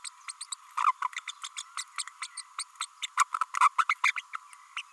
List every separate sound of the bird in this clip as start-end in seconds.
0.04-0.09, 0.28-0.31, 0.40-0.44, 0.52-0.54, 0.77-0.92, 1.01-1.04, 1.27-1.31, 1.43-1.48, 1.56-1.62, 1.77-1.83, 1.98-2.03, 2.21-2.27, 2.37-2.41, 2.58-2.63, 2.80-2.85, 3.02-3.07, 3.17-3.24, 3.60-3.68, 3.78-3.84, 3.89-3.95, 4.03-4.12, 4.16-4.21, 4.33-4.36, 4.76-4.82